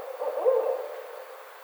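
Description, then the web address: Barred owl giving a single short low hoot that swells and fades within about a second, with faint background hiss. Recorded on 29 May 2009. "Barred Owl 2009 05 29 Barred Owl"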